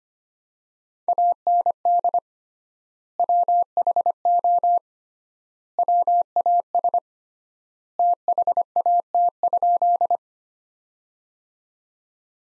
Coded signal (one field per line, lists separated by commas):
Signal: Morse code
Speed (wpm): 25 wpm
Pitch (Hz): 700 Hz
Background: none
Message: AND WHO WAS THAT?